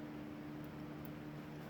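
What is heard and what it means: An ignition key cylinder with a spring-loaded tab is picked up and positioned before being slid into the steering column lock housing of a 1969 Camaro. Only light handling ticks sound over a steady low hum. Nothing has seated or clicked yet.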